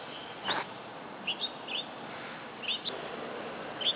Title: Kacer Juara 1 Nasional gacor kacer juara nasional jawa timur kacer tarung betina poci gacor hitam